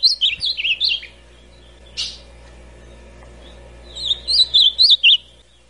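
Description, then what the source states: Ultramarine grosbeak song in two short bursts of rapid, bouncing whistles, the first early and the second near the end, with a brief noisy burst between them. Classic song style.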